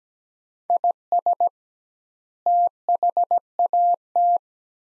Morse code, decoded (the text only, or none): IS THAT